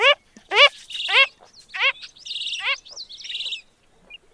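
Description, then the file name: Wilson's phalarope giving a few loud, nasal, downslurred notes in quick succession, followed by higher, buzzy chattering before fading to quiet. "Wilsons Phalarope - Phalaropus tricolor"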